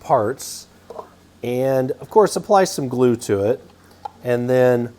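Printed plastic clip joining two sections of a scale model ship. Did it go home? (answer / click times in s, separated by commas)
no / none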